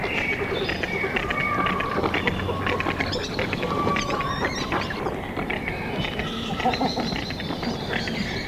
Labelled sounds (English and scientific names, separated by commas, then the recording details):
Cinnamon Teal (Anas cyanoptera) call
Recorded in captivity
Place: Tiergarten Nürnberg, Bayern, DE
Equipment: Halbspur, 9,5 cm/s
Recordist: Lütgens, Hans
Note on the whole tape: Rufe